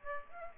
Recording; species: mosquito wingbeat signal from an infrared sensor; Aedes aegypti